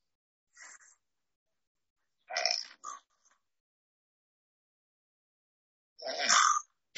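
Sleeping adult with long-standing nose problems under an ENT doctor's care. Quiet breathing with a mild, gentle kind of snoring.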